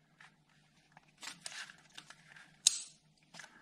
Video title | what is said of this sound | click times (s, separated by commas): Seat Ibiza 1.0L TSI - Engine Service | when you put in these connectors on make sure you hear the click when it's fully seated | 2.7 s